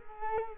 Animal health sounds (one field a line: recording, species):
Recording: mosquito wingbeat signal from an infrared sensor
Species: Culex quinquefasciatus